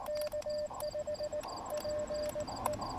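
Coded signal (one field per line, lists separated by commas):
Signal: Morse code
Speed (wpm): 18 wpm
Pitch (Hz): 590 Hz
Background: none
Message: K5 PE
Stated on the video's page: Roadside park activation on the Blue Ridge Parkway.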